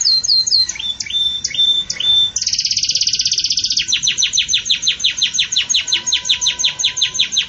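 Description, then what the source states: Belgian canary song opening with bright whistled notes, then a long steady high trill and a series of rhythmic descending chirps. Pure Belgian canary song in the "campainha" style, with pauses, made for training birds.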